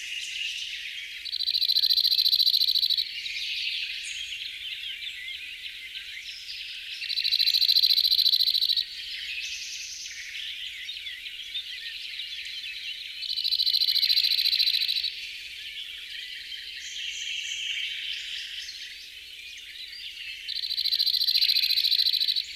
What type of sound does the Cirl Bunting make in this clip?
song